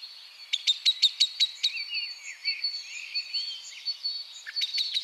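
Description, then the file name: Common blackbird giving a quick run of about seven sharp chinks, then further calls near the end, with other birds twittering and a high steady tone. "Turdus merula"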